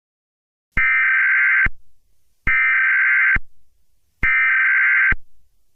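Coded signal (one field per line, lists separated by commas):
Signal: Emergency Alert System (SAME) tones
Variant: header bursts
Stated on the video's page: Fictional EAS scenario.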